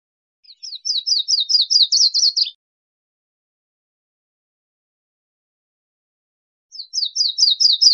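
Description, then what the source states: Virginia's warbler singing a quick series of high, slurred down-swept notes lasting about two seconds, repeated after a pause of roughly four seconds. Recorded 28 May 2001.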